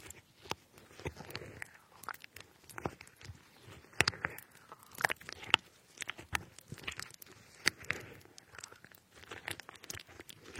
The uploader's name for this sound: cutting fruits like strawberries